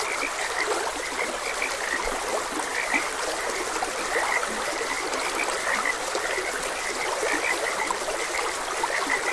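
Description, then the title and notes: Frogs croaking in short, bright, repeated calls, with water trickling and rushing steadily behind them. Frogs croaking beside a gentle stream. "Frogs Croaking. Sleep and Relaxation Podcast"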